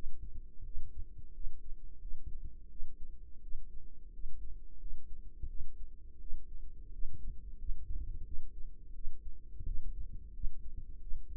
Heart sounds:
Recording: heart sounds by microphone in the right ear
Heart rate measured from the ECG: 87 bpm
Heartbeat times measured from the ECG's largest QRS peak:
0.64 s: heartbeat
1.32 s: heartbeat
1.99 s: heartbeat
2.69 s: heartbeat
3.41 s: heartbeat
4.11 s: heartbeat
4.78 s: heartbeat
5.47 s: heartbeat
6.19 s: heartbeat
6.91 s: heartbeat
7.57 s: heartbeat
8.24 s: heartbeat
8.93 s: heartbeat
9.65 s: heartbeat
10.32 s: heartbeat
10.99 s: heartbeat
From the record:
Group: healthy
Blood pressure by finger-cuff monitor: 101/57 mmHg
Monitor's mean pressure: 70 mmHg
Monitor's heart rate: 87 bpm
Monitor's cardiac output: 7.6 L/min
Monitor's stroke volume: 88 mL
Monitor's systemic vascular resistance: 660 dyn s/cm5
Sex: female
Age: 22 years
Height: 157 cm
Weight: 47.6 kg

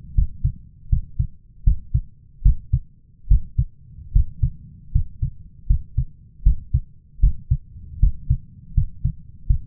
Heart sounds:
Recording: heart sounds by stethoscope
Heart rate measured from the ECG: 77 bpm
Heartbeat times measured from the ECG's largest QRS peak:
0.15 s: heartbeat
0.89 s: heartbeat
1.64 s: heartbeat
2.42 s: heartbeat
3.28 s: heartbeat
4.12 s: heartbeat
4.92 s: heartbeat
5.67 s: heartbeat
6.43 s: heartbeat
7.20 s: heartbeat
8.00 s: heartbeat
8.74 s: heartbeat
9.47 s: heartbeat
From the record:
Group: healthy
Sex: male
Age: 23 years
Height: 179 cm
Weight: 87 kg

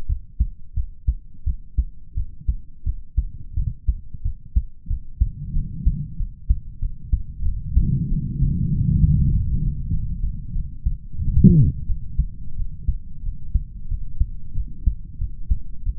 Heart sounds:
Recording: heart sounds by stethoscope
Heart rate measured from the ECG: 91 bpm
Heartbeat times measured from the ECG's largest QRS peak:
0.06 s: heartbeat
0.73 s: heartbeat
1.43 s: heartbeat
2.14 s: heartbeat
2.83 s: heartbeat
3.53 s: heartbeat
4.22 s: heartbeat
4.87 s: heartbeat
5.52 s: heartbeat
6.16 s: heartbeat
6.79 s: heartbeat
7.42 s: heartbeat
8.08 s: heartbeat
8.69 s: heartbeat
9.29 s: heartbeat
9.90 s: heartbeat
10.52 s: heartbeat
11.16 s: heartbeat
11.86 s: heartbeat
12.55 s: heartbeat
13.22 s: heartbeat
13.88 s: heartbeat
14.53 s: heartbeat
15.17 s: heartbeat
15.83 s: heartbeat
From the record:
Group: healthy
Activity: rest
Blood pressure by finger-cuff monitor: 98/71 mmHg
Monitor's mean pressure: 79 mmHg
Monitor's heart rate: 91 bpm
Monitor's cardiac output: 6.7 L/min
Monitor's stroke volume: 73 mL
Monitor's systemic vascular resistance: 860 dyn s/cm5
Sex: male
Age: 20 years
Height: 187 cm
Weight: 68.9 kg

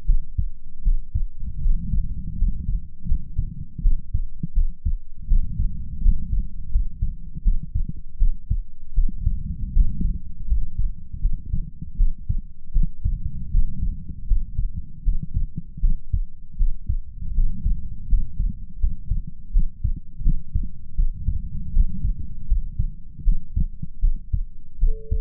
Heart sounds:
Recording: heart sounds by stethoscope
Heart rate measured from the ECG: 80 bpm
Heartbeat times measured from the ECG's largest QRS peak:
0.04 s: heartbeat
0.82 s: heartbeat
1.60 s: heartbeat
2.36 s: heartbeat
3.05 s: heartbeat
3.80 s: heartbeat
4.52 s: heartbeat
5.26 s: heartbeat
6.00 s: heartbeat
6.69 s: heartbeat
7.41 s: heartbeat
8.16 s: heartbeat
8.93 s: heartbeat
9.71 s: heartbeat
10.46 s: heartbeat
11.19 s: heartbeat
11.95 s: heartbeat
12.71 s: heartbeat
13.49 s: heartbeat
14.25 s: heartbeat
15.02 s: heartbeat
15.79 s: heartbeat
16.56 s: heartbeat
17.33 s: heartbeat
18.07 s: heartbeat
18.78 s: heartbeat
19.50 s: heartbeat
20.21 s: heartbeat
20.94 s: heartbeat
21.71 s: heartbeat
22.46 s: heartbeat
23.22 s: heartbeat
23.99 s: heartbeat
24.78 s: heartbeat
From the record:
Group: healthy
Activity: rest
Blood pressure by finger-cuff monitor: 108/65 mmHg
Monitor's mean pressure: 79 mmHg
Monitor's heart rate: 80 bpm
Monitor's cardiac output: 6.5 L/min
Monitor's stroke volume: 81 mL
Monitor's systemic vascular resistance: 860 dyn s/cm5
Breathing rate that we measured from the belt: 15 breaths a minute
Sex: female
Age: 26 years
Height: 165 cm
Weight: 55 kg

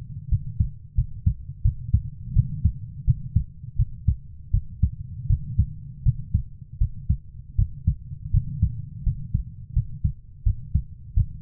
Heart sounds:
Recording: heart sounds by stethoscope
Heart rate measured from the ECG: 83 bpm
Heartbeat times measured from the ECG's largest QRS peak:
0.29 s: heartbeat
0.95 s: heartbeat
1.62 s: heartbeat
2.33 s: heartbeat
3.05 s: heartbeat
3.76 s: heartbeat
4.51 s: heartbeat
5.27 s: heartbeat
6.03 s: heartbeat
6.78 s: heartbeat
7.56 s: heartbeat
8.31 s: heartbeat
9.04 s: heartbeat
9.73 s: heartbeat
10.43 s: heartbeat
11.14 s: heartbeat
From the record:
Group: healthy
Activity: rest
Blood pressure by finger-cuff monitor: 123/75 mmHg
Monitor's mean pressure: 93 mmHg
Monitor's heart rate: 82 bpm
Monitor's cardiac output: 6.9 L/min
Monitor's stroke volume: 83 mL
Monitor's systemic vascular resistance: 990 dyn s/cm5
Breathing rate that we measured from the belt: 20 breaths a minute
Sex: female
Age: 24 years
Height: 163 cm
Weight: 55.7 kg

